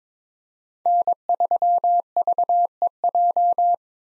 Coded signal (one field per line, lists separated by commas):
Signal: Morse code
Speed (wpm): 21 wpm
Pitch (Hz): 700 Hz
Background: none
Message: N3VEJ